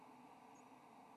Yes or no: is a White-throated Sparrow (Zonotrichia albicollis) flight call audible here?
no